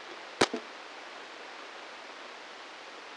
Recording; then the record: brain microelectrode recording played as sound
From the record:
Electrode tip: inside the subthalamic nucleus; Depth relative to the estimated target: 1 mm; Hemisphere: right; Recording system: NeuroSet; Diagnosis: Parkinson's disease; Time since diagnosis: 15 years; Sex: female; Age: 59 years